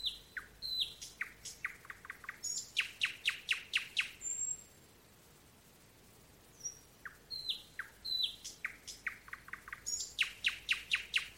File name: solovej - solovei